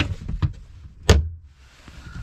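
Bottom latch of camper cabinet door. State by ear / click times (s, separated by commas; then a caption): seated / 1.1 s. A camper cabinet door is swung shut, and its bottom latch clicks shut with a sharp snap at 1.1 s after some lighter knocks and handling sounds. The latch catches, holding the door closed.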